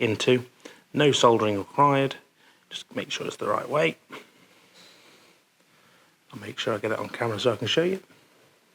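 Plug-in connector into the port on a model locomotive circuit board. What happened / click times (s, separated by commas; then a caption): Connector handled, not yet clicked home / none. Someone talks while handling a plug-in connector for the port on the circuit board of a Hornby Greater Anglia Class 755/3 'FLIRT' model locomotive; the port takes the power bank and needs no soldering, just the right orientation. Nothing has seated or clicked yet.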